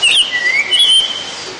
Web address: black headed hawfinch call